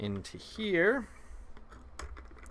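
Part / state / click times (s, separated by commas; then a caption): exercise roller handle into roller axle / seated / 2.0 s. Someone talks as the right handle of an Ab Carver Pro ab roller, which has a spring push button, is inserted into the end of the roller's axle. A few small scrapes and taps follow, then a sharp click at 2.0 s as the button snaps home and the handle locks in place.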